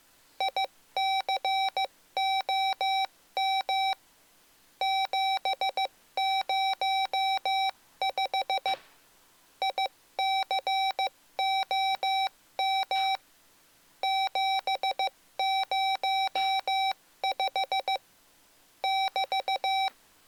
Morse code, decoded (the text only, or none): ICOM 705 ICOM 705 <BT>